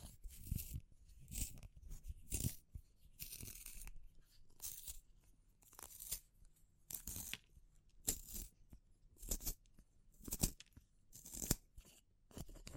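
Wood, bamboo and straw being handled, with dry crackling, crunching and scratching bursts about once a second. Each burst is bright and papery with a soft low thump beneath, separated by brief near-silent pauses, and the rhythm stays fairly regular throughout.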